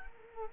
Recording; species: mosquito wingbeat signal from an infrared sensor; Culex quinquefasciatus